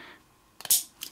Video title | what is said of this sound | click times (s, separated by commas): DuB-EnG: 3D Printed Arcade Machine Joystick Build - coffee table computer and Monster Joysticks | that was a satisfying click beautiful | 0.7 s